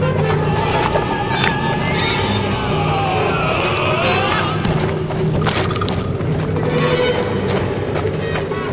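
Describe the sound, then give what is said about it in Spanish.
Two black horses neigh and whinny over a steady clatter of hooves and rolling wheels as a black, open horse-drawn night coach approaches out of fog, the sound loud and continuous throughout. “El coche negro, guiado por dos imponentes caballos del mismo color, emergió entre la niebla, tonificándolo en un aura misteriosa al exponer toda su carrocería de improviso.”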